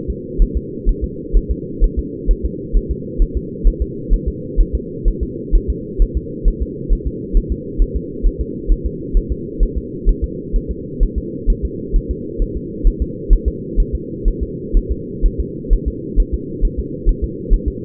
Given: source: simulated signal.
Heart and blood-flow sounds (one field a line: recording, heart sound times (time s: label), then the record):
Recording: fetal heart sounds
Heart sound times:
0.10 s: S2
0.42 s: S1
0.57 s: S2
0.89 s: S1
1.04 s: S2
1.37 s: S1
1.51 s: S2
1.84 s: S1
1.99 s: S2
2.31 s: S1
2.45 s: S2
2.77 s: S1
2.91 s: S2
3.22 s: S1
3.37 s: S2
3.67 s: S1
3.82 s: S2
4.14 s: S1
4.28 s: S2
4.60 s: S1
4.75 s: S2
5.08 s: S1
5.23 s: S2
5.55 s: S1
5.70 s: S2
6.02 s: S1
6.17 s: S2
6.48 s: S1
6.62 s: S2
6.93 s: S1
7.07 s: S2
7.37 s: S1
7.52 s: S2
7.82 s: S1
7.96 s: S2
8.27 s: S1
8.41 s: S2
8.72 s: S1
8.86 s: S2
9.17 s: S1
9.32 s: S2
9.63 s: S1
9.78 s: S2
10.09 s: S1
10.24 s: S2
10.56 s: S1
10.71 s: S2
11.03 s: S1
11.18 s: S2
11.50 s: S1
11.65 s: S2
11.96 s: S1
12.11 s: S2
12.42 s: S1
12.57 s: S2
12.87 s: S1
13.02 s: S2
13.33 s: S1
13.48 s: S2
13.80 s: S1
13.95 s: S2
14.28 s: S1
14.43 s: S2
14.77 s: S1
14.92 s: S2
15.26 s: S1
15.40 s: S2
15.73 s: S1
15.88 s: S2
16.20 s: S1
16.34 s: S2
16.65 s: S1
16.79 s: S2
17.09 s: S1
17.24 s: S2
17.53 s: S1
17.68 s: S2
From the record:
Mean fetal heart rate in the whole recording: 130 bpm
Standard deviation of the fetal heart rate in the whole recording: 4 bpm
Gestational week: 38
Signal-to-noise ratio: -4.1 dB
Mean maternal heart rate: no maternal heart sound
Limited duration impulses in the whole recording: absent